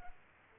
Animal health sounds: mosquito wingbeat signal from an infrared sensor; Aedes aegypti

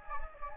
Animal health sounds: mosquito wingbeat signal from an infrared sensor; Anopheles gambiae

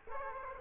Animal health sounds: mosquito wingbeat signal from an infrared sensor; Aedes aegypti

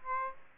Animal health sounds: mosquito wingbeat signal from an infrared sensor; Aedes aegypti

